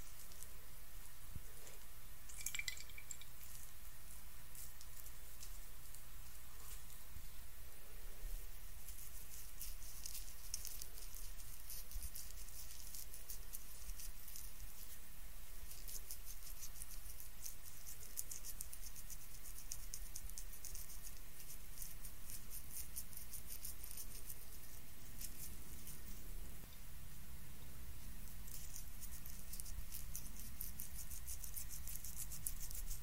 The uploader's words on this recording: ASMR FACE TREATMENT, ASMR CLEANING YOUR FACE, ASMR FACE TREATMENT SPA, ASMR FACE MASSAGE NO TALKING.